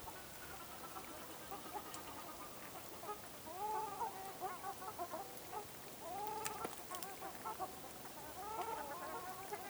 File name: Ruddy shelduck